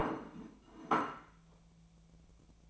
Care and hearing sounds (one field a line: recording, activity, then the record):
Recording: daily activity, microphone in the room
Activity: place plate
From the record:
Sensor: 1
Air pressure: 1000.3 hPa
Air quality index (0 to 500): 146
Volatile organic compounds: 3 ppm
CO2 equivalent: 1369 ppm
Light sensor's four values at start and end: 29/72/30/36 and 29/72/31/37